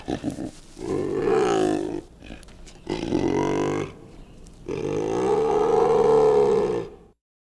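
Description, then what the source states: Tiger growls in three long, deep, rasping roars with short breaks between them, each rumbling and swelling before fading. Tiger growling, with some grunts.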